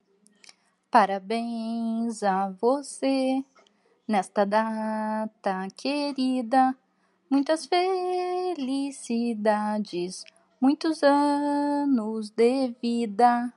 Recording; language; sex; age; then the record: short text; Brazilian Portuguese; female; 40 to 49 years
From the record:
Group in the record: control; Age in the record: 42 years